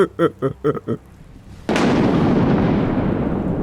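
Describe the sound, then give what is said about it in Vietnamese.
A few short voiced cries, then a sudden loud thunder strike that cracks in sharply and rolls on as a heavy, sustained rumble, fading only slightly over the next two seconds. “Sấm sét đánh xuống một cái thật mạnh”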